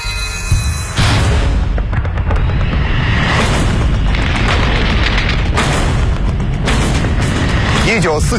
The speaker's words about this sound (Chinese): 1949年5月23日夜，上海江湾机场的跑道上，几架飞机随时候命起飞，不远处隆隆的炮声阵阵传来。